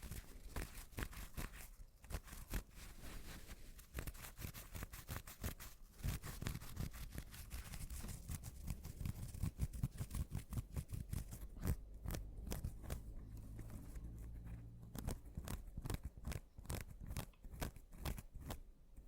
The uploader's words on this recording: ASMR Mini Scratching (NO TALKING).